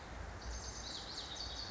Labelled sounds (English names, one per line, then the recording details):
Lazuli Bunting
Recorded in Sonoma County, California